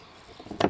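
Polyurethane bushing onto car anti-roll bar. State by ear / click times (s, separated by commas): seated / 0.6 s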